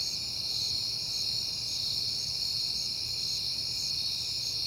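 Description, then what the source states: Many crickets chirp together in an unbroken shrill chorus, with rapid pulsed trills layered on top and a soft low hum beneath. Crickets recorded at night in September on a peaceful night; crickets heard often that month.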